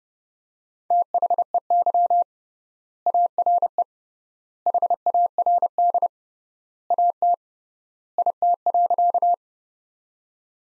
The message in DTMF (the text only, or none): none